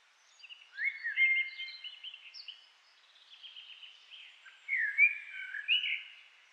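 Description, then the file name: Common blackbird song: mellow, fluty warbled phrases that slide and waver, with soft twittering notes between them and a second rich phrase near the end. "Turdus merula"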